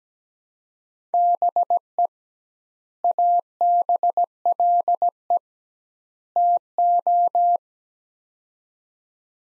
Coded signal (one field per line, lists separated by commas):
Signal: Morse code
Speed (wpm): 17 wpm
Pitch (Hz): 700 Hz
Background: none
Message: BE ABLE TO